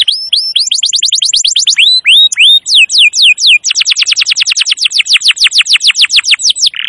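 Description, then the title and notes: Canary singing continuously: slurred downward whistles, a few looping swoops, then a long fast trill of descending notes ending in a brief buzzy burst. Long, continuous canary song used as a master recording to train birds and lure wild canaries. "Pikat Kenari GACOR PANJANG INI Cocok Untuk Masteran KENARI LIAR. Masteran burung kenari gacor parah"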